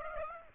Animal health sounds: mosquito wingbeat signal from an infrared sensor; Aedes aegypti

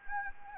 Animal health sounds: mosquito wingbeat signal from an infrared sensor; Anopheles gambiae

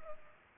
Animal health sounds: mosquito wingbeat signal from an infrared sensor; Culex pipiens

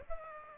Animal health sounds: mosquito wingbeat signal from an infrared sensor; Aedes aegypti

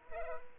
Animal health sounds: mosquito wingbeat signal from an infrared sensor; Culex pipiens

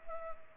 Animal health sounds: mosquito wingbeat signal from an infrared sensor; Culex pipiens

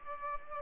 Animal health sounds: mosquito wingbeat signal from an infrared sensor; Culex pipiens

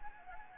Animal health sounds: mosquito wingbeat signal from an infrared sensor; Anopheles gambiae

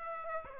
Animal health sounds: mosquito wingbeat signal from an infrared sensor; Aedes aegypti

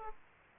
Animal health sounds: mosquito wingbeat signal from an infrared sensor; Aedes aegypti

